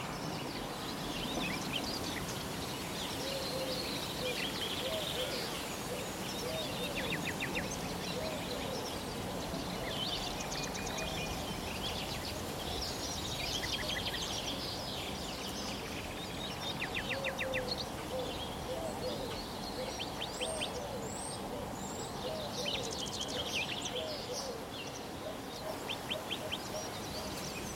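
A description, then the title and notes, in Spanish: Deep forest with running water giving a steady, dense rush throughout, rustling underneath. Bird calls come and go over it: short rapid trills and chirps scattered across the clip, with a few high quick whistles around twenty seconds. Baño de bosque | Bosque profundo - Agua corriente, hojas y aves.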